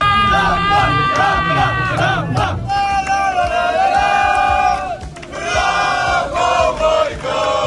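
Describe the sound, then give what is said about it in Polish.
A large crowd of cycling fans cheers and shouts loudly and continuously at the Il Lombardia race, many voices overlapping in a dense roar that briefly dips before swelling again, as fans and the peloton bid farewell to retiring cyclist Rafał Majka. “Rafał Majka, nie tylko kibice kolarstwa wiedzą, kim jest ten jego mość, po prostu legenda, który kończy karierę, a wczoraj podczas Il Lombardia został po królewsku pożegnany przez peleton i kibiców.”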